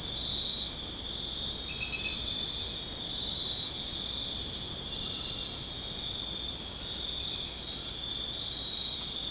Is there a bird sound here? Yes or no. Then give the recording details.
no. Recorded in dense forest near Puerto Asís, Putumayo, Colombia, on 4 March 2025 at 23:30. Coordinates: 0.500, -76.322. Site GP06